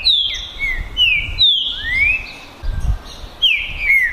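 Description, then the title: Green-winged saltator song of clear, bright whistles, mostly falling with one long rising slur, sung in two short bursts over a low rumbling background. Green-winged saltator males in a 2022-season song contest between two birds, calling, singing and displaying male rivalry (macheando). "É UMA DISPUTA DE TRINCA FERRO PERFEITA!! NAVAL VS DEMOLIDOR 2022!"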